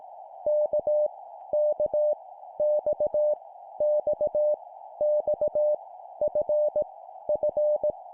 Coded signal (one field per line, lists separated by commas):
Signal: Morse code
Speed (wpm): 18 wpm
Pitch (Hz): 600 Hz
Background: none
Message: K K X X X F F